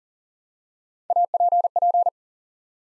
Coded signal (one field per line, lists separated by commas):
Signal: Morse code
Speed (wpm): 38 wpm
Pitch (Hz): 700 Hz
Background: none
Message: APP